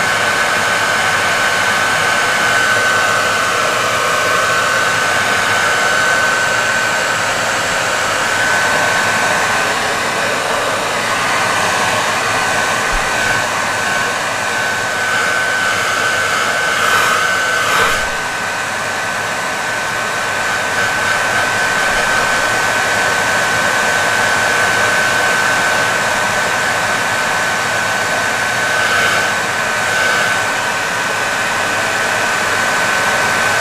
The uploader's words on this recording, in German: Entspannende Fön-Geräusche zum Einschlafen.